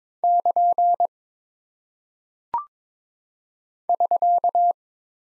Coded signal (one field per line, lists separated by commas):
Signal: Morse code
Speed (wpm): 22 wpm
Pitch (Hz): 700 Hz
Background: none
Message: <KN> <SK>